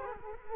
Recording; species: mosquito wingbeat signal from an infrared sensor; Culex quinquefasciatus